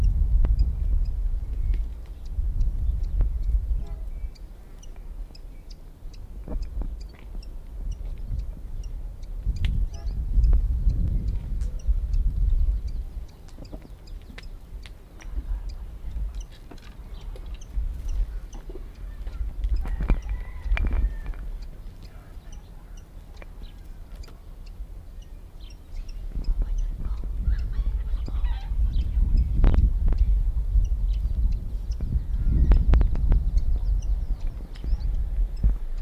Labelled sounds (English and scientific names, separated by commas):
Canary Islands Chiffchaff (Phylloscopus canariensis) call